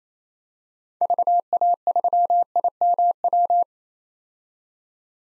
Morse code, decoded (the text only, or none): VA3IMW